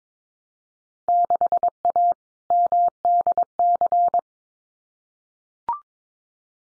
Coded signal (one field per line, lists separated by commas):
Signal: Morse code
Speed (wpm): 22 wpm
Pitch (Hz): 700 Hz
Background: none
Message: 6A MDC